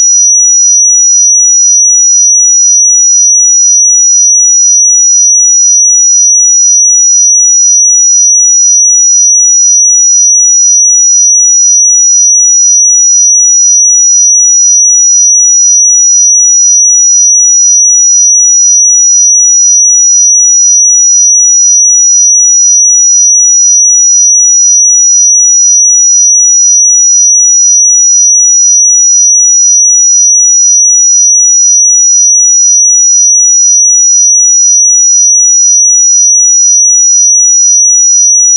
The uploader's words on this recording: 5851 Hz 1 Hz Interval Sine Pure Tone. 441000 Sample Mono.